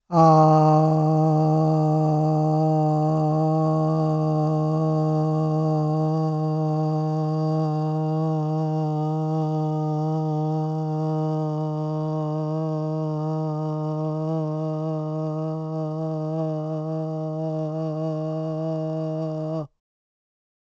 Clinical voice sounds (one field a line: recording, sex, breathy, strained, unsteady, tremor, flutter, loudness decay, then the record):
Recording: sustained vowel /a/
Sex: male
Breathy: present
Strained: absent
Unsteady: present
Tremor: absent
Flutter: absent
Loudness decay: absent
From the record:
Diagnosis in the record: Parkinson's disease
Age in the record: 56 years